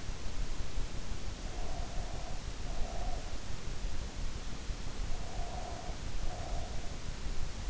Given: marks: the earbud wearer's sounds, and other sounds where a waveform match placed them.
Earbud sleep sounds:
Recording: sounds in sleep by an in-ear microphone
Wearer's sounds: breath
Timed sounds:
1.51-3.52 s: breath
5.02-6.90 s: breath

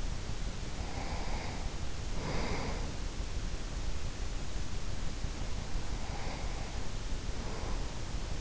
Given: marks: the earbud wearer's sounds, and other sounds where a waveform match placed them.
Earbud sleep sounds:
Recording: sounds in sleep by an in-ear microphone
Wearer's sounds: breath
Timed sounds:
0.76-3.30 s: breath
5.58-8.41 s: breath

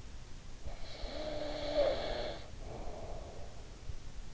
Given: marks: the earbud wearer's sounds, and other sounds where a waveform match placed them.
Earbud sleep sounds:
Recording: sounds in sleep by an in-ear microphone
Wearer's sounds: snoring breath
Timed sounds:
0.51-3.86 s: snoring breath

